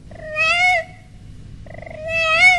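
A cat meows twice, each a drawn-out, high, slightly rising cry with a short pause between them, over a steady low rumbling purr.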